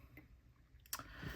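A loosely fitted plastic ink converter is pushed back onto a fountain pen's feed while checking the ink level. After a couple of faint ticks, a sharp click at 0.9 s marks the converter seating onto the feed, followed by soft handling noise.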